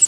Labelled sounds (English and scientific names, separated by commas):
Pine Warbler (Setophaga pinus) flight call